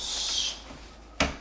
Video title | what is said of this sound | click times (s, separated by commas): Maxi Cosi Baby Bassinet Unboxing Assembly & Impressions | just snaps right in place here and | 1.2 s